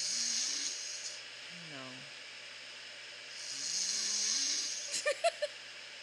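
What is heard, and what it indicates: Two slow, hissing, noisy breath sounds of an adult snorer, with faint voices and clicks in the background.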